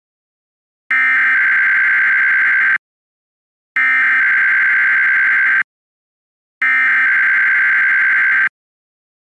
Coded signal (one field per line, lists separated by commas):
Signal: Emergency Alert System (SAME) tones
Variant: header bursts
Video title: Required weekly Test WXK 85 Oklahoma City 7 pm